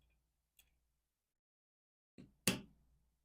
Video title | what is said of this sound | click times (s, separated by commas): Installation of the Timney Smith & Wesson M&P Trigger | and we'll snap into place. | 2.5 s